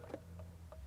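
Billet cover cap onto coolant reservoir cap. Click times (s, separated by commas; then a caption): 0.1 s. An aluminum billet cover cap from a Fathouse Performance kit is pressed firmly over the original coolant reservoir cap in a Mustang engine bay, after making sure the original cap is snug and in the lock position. A sharp click at 0.1 s marks the cover's retaining clip engaging and the cap seating, followed by two fainter ticks near 0.4 s and 0.7 s over a steady low hum.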